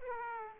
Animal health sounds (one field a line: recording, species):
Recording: mosquito wingbeat signal from an infrared sensor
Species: Aedes aegypti